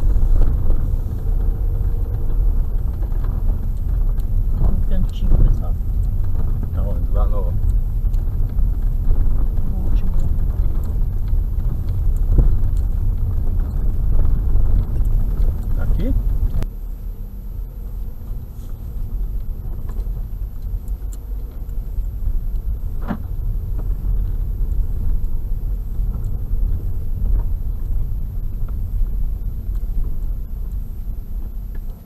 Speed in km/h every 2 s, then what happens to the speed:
14, 15, 13, 13, 15, 14, 0, 3, 9, 9, 10, 14, 15, 14, 10, 6.
0-10 steady at about 14. 10-13 brakes to 0. 13-23 pulls away to 15. 23-32 slows to 6.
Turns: 7-11, 16-21.